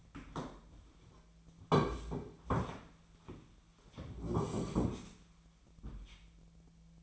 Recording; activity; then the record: daily activity, microphone in the room; sit down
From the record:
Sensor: 1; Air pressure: 1008.2 hPa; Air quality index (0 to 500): 192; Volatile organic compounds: 17 ppm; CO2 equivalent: 2600 ppm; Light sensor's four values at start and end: 15/37/15/17 and 15/38/15/17